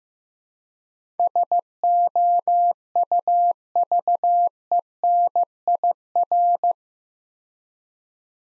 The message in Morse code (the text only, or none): SOUVENIR